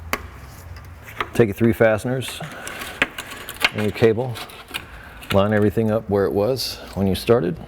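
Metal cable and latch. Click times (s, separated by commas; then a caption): 0.1 s. On a 1990-2001 Acura Integra or Honda Civic, the hood release cable end is pushed onto the hood latch assembly and snaps into place with a sharp, loud click at 0.1 s, seating it. A few softer knocks follow while someone talks.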